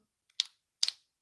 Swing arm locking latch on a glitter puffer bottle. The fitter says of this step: it so once you hear it click it's open you're gonna put your finger on the top and pump